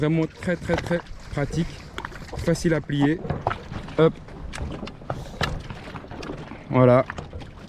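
Someone talks while the stem of an electric scooter is handled and folded down toward its folding stem latch, with a series of short, sharp handling knocks and clacks between 4.6 and 6.2 seconds. The clip ends just before the latch locks, so nothing has seated or clicked yet.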